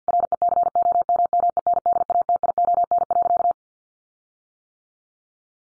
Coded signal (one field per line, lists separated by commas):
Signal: Morse code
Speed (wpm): 48 wpm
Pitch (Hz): 700 Hz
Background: none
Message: RECOMMENDATION.